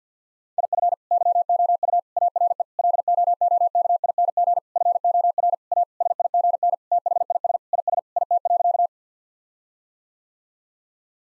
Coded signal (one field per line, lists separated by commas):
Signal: Morse code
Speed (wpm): 50 wpm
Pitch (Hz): 700 Hz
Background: none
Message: IF YOU ARE LOOKING FOR A SIGN THIS IS IT.